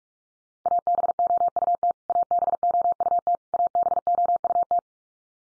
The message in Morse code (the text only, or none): ABOUT ABOUT ABOUT